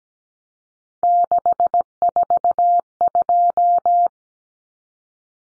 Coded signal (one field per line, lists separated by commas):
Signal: Morse code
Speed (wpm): 17 wpm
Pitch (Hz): 700 Hz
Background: none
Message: 642